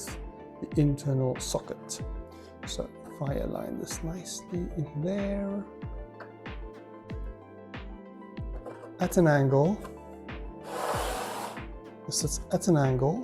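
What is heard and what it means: A memory module is lined up at an angle in the internal socket of a Synology DS925+ NAS, ready to be pushed down. Someone talks over background music, with only small handling taps. Nothing has seated or clicked yet.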